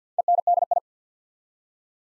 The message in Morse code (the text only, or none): ENDI